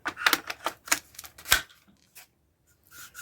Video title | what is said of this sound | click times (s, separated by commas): SKS Receiver Cover replacement with NcStar Tri Rail and review | we're on here see how that clip just snapped right into place | 0.1 s